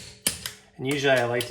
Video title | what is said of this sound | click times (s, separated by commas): Ford Focus Swollen Lugnuts - FIXED! | And get the click. | 0.3 s